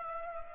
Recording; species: mosquito wingbeat signal from an infrared sensor; Culex pipiens